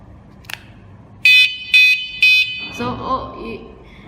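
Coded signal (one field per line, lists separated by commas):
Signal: beep code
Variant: vehicle security alarm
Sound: three short, evenly spaced buzzy electronic beeps, followed by a voice talking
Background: speech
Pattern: 3 short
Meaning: The battery has been installed successfully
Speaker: you note the battery's system successfully we hear three beeps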